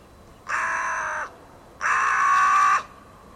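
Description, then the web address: Bird calls: two long, harsh, grating notes, each close to a second, separated by a short pause, with little else audible. "cianscape. Deverinetal. Bird Only"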